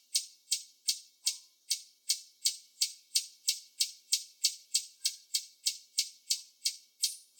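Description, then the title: Sapphire-spangled emerald giving high, thin chipping calls, a steady run of about three sharp notes per second throughout, with no other clear sounds. "Beija-flor-de-peito-azul (Amazilia lactea)"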